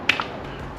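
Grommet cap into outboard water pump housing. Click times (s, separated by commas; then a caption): 0.1 s. A cap is pressed back onto a new Yamaha 115–130 hp outboard water pump housing after its rubber grommet has been moved over. A sharp snap is heard at 0.1 s, followed by a fainter tick at 0.2 s. The cap snaps into place and is seated.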